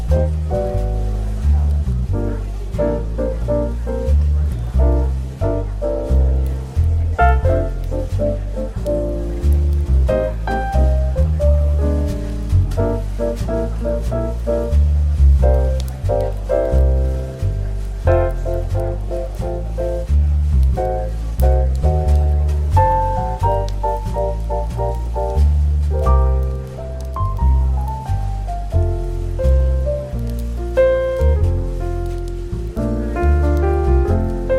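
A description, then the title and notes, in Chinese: Relaxed jazz plays steadily throughout, with a warm, deep bass line and mellow chords changing every second or so. Brighter melodic runs rise and fall above them, while a soft, patter-like hiss and faint murmur of café background sit low underneath. 咖啡馆氛围与轻松舒缓的爵士音乐。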